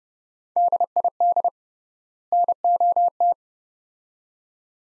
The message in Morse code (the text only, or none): DID NOT